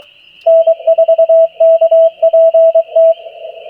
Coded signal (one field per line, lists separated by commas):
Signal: Morse code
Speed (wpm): 23 wpm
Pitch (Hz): 660 Hz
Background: radio noise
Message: N4KPT